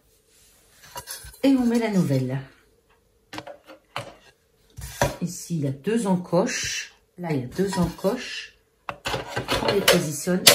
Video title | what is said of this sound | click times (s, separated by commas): JE TESTE LE GAUFRIER PRO 4 en 1 DE TEFAL | On les positionne et ça fait clic. | 8.9 s